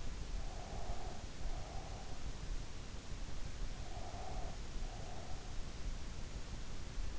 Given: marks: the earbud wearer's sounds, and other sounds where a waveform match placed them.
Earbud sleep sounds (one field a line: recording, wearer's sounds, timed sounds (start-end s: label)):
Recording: sounds in sleep by an in-ear microphone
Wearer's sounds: breath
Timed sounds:
0.45-2.21 s: breath
3.88-5.51 s: breath